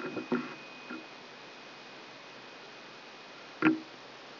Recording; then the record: brain microelectrode recording played as sound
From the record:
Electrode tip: outside the subthalamic nucleus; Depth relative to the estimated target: 4 mm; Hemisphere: left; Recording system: AlphaMap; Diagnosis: Parkinson's disease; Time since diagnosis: 10 years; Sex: female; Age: 63 years